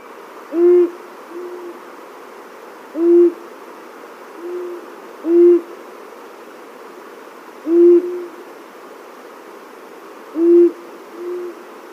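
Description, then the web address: Long-eared owl display: deep, short hoots repeated about every two and a half seconds, some followed by a fainter hoot, over a soft hissing background. Male giving display calls. "Schulze Peter Long-eared Owl"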